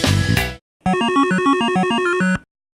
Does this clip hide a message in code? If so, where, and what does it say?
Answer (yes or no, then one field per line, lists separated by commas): no